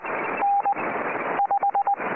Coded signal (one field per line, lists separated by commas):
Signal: Morse code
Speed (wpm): 20 wpm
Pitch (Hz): 800 Hz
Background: radio noise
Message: N 5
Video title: CWA Cerrito Radio (Montevideo, Uruguay) - 8602 kHz CW